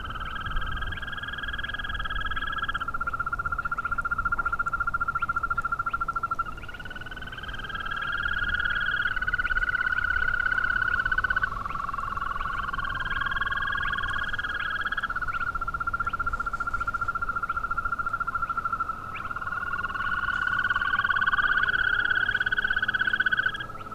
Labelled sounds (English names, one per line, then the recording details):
Green Toad
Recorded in the wild
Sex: male
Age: adult
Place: Falkenberger Rieselfelder, Barnim, Berlin, DE
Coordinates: 52.5828, 13.5461
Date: 1995-04-30 22:15
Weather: bedeckt, ca. 10°C, schwacher bis mäßiger Wind
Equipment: Sony TCD-D3, Sennheiser ME 80, K 30 AV (III), Windschutz
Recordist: Frommolt, Karl-Heinz